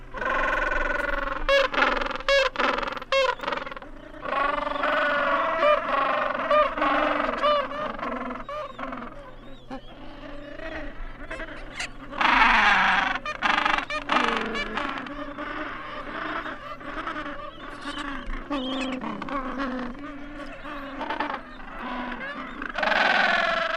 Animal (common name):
Gentoo Penguin